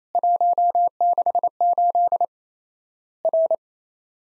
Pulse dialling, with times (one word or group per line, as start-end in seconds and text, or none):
none